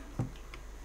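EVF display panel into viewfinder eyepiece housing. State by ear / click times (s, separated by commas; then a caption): not seated / none. The EVF display panel of a Sony A7iii is handled and pressed toward its place behind the viewfinder eyepiece housing during reassembly. Two brief handling ticks are heard at about 0.2 s and 0.5 s over a quiet background. Nothing has seated or clicked yet.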